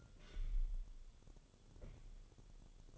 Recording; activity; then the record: daily activity, microphone in the room; take from stove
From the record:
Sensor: 4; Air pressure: 1008.9 hPa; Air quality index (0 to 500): 139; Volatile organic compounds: 2 ppm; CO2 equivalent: 1009 ppm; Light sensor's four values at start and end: 12/28/11/10 and 12/28/11/10